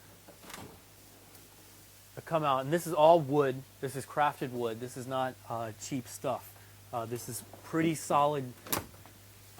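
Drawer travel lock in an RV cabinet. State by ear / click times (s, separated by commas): seated / 8.7 s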